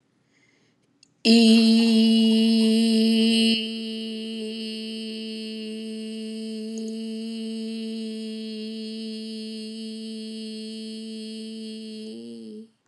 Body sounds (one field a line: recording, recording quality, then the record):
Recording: sustained vowel as in beet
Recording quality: excellent, no background noise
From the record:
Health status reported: healthy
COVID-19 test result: negative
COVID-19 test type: RT-PCR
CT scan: not taken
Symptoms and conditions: cold, sore throat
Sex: female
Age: 35 years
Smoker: no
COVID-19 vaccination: both doses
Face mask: not worn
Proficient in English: yes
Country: United States